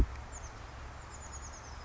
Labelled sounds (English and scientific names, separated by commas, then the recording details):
Oak Titmouse (Baeolophus inornatus)
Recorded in Sonoma County, California